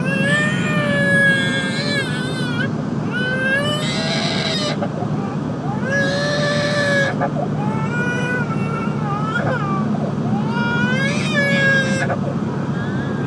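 A baby crying in repeated wailing bouts over low engine rumble on a bus.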